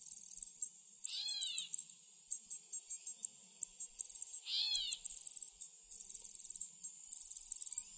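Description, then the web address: Allard's ground cricket song, a sharp high-pitched ticking pulsed in uneven runs and gaps, joined twice by a short descending call. "Songs of Insects. Allards Ground Cricket"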